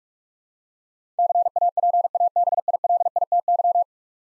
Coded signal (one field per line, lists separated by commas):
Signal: Morse code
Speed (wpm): 43 wpm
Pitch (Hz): 700 Hz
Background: none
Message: CAPABILITY